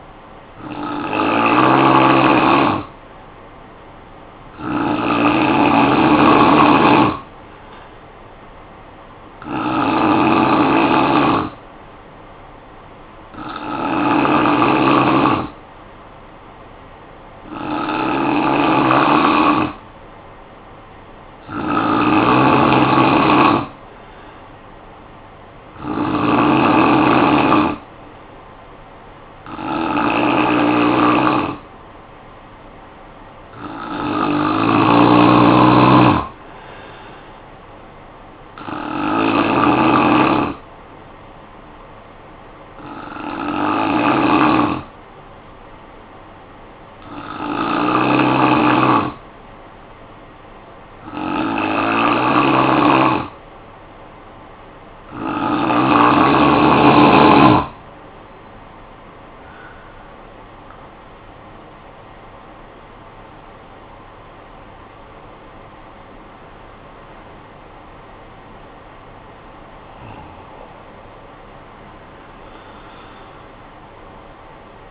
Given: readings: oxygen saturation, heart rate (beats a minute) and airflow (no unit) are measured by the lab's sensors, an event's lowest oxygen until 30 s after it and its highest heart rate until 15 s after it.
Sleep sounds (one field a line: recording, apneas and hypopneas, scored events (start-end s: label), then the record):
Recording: breathing in sleep by a voice recorder at the bedside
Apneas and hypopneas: 1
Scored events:
45.00-58.50 s: hypopnea (N3, oxygen 93% highest, then 90% lowest, heart rate 53 at the start, 80 highest)
58.00-74.91 s: new sleep stage, N2 (light sleep)
From the record:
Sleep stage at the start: N3 (deep sleep)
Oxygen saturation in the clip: 89 to 93%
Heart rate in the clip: 53 to 80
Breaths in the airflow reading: 17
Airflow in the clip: -13.4 to 13.0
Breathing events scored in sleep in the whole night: 445 in 7.6 hours asleep